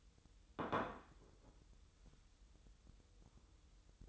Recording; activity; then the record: daily activity, microphone in the room; place plate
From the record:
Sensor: 3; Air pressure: 988.6 hPa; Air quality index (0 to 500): 198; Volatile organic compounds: 337 ppm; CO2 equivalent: 4558 ppm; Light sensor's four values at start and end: 22/71/30/25 and 22/71/30/25